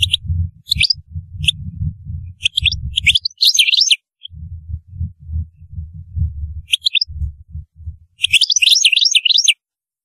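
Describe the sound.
European goldfinch twittering in short high bursts of tinkling and buzzy notes, over repeated low thudding and rumbling noise for most.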